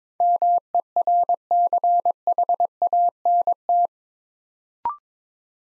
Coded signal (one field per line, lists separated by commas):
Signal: Morse code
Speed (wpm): 22 wpm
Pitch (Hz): 700 Hz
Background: none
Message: MERCHANT